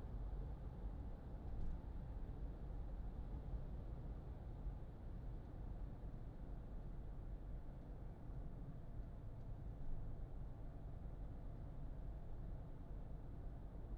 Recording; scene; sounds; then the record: everyday scene through a hearing-aid microphone; in a vehicle; engine, highway driving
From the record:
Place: Berlingo II, diesel engine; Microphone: in the ear canal, left